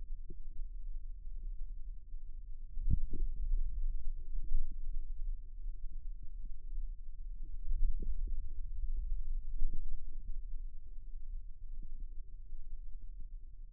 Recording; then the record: forearm muscle sounds (acoustic myography)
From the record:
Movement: radial deviation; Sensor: system 2, bracelet of six BSWA MPA416 microphones around the upper forearm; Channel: 4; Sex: male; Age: 22 years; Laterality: right